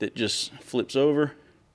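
A security lock pin on a motorcycle wheel mount bracket is handled and about to be flipped over into its locked position while someone talks. Nothing has seated or clicked yet.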